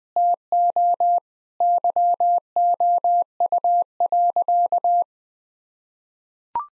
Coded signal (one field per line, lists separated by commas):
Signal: Morse code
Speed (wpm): 20 wpm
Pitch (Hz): 700 Hz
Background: none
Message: TO YOU.